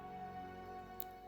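A clip on the plastic arm of a sixth-scale action figure is lined up with the matching hole in the arm section and pressed in, over steady background music. A single sharp tick at 1.0 s marks the clip seating, with a magnet also holding the arm together.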